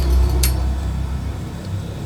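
During reassembly of an old 1970s 28-inch crossbar bicycle, the metal chain is fitted back onto the sprocket. Over a steady low hum, a short bright metallic click at 0.4 s marks the chain seating easily on the sprocket.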